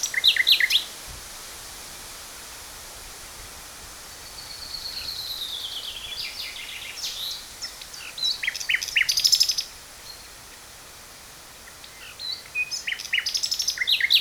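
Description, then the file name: Common nightingale song: an opening burst of chattering notes, a pause, then a long drawn whistle falling in pitch, followed by fast rattling trills and sharp notes, another pause and more sharp repeated notes. "Luscinia megarhynchos"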